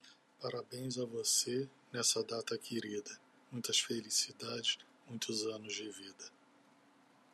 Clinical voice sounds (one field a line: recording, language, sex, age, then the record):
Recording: short text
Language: Brazilian Portuguese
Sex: male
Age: 50 to 59 years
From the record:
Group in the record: control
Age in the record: 51 years